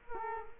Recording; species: mosquito wingbeat signal from an infrared sensor; Culex quinquefasciatus